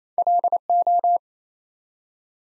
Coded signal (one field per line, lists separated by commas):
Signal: Morse code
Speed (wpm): 27 wpm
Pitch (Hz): 700 Hz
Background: none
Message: LO